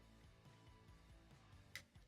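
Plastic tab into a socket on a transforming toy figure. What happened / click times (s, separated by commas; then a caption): The plastic tab snapped into its socket / 1.8 s. A plastic side tab on a transforming action figure is flipped and pushed into its socket during a transformation, with soft music playing underneath. A single sharp click rings out at 1.8 seconds as the tab seats in its socket.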